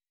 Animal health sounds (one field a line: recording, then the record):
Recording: hydrophone in a shrimp aquaculture tank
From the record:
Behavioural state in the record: weakened